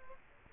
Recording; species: mosquito wingbeat signal from an infrared sensor; Culex quinquefasciatus